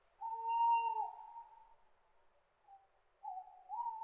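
Owl giving a long hoot that drops in pitch partway through, followed by a faint short note and then a wavering, rising hoot; the background is otherwise quiet.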